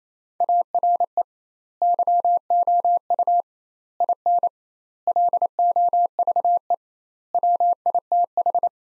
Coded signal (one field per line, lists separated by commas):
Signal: Morse code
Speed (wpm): 28 wpm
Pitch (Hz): 700 Hz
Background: none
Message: ARE YOU IN LOVE WITH